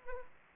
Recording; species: mosquito wingbeat signal from an infrared sensor; Anopheles arabiensis